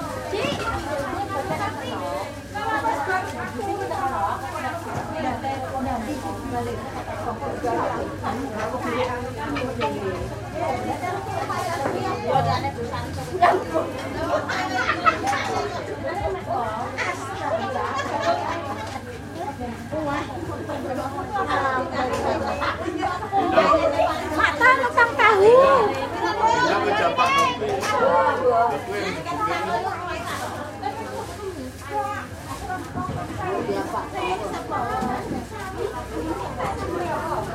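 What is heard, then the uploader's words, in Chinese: A village morning soundscape in East Java, crowded with continuous overlapping voices and chatter, a steady low hum beneath, and occasional sharp clatters. 印尼東爪哇-博約內哥羅區的鄉村早晨 Urban Soundscapes - East Java, a morning in Bojonegoro village recorded by Nigel Brown。這是一個村落的早晨，穿過市集，圍繞著一所學校周邊，日常的聲景，向我們層層舖展開來。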